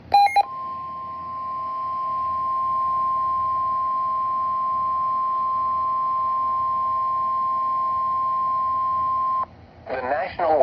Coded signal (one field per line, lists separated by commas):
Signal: Emergency Alert System (SAME) tones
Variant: 1050 Hz attention tone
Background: speech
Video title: EAS #33 - Flash Flood Warning for Mesquite, TX (August 31, 2025)